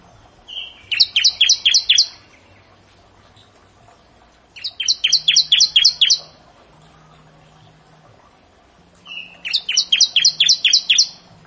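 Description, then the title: Bar-winged prinia song: three phrases, each a short whistled note followed by a rapid run of several sharp descending chirps. "Ciblek Sawah"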